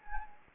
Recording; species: mosquito wingbeat signal from an infrared sensor; Anopheles gambiae